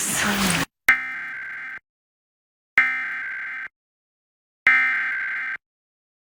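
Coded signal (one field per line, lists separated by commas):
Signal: Emergency Alert System (SAME) tones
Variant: header bursts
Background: speech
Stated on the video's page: Real New Jersey Required Monthly Tests and severe weather alerts, including a Tornado Warning.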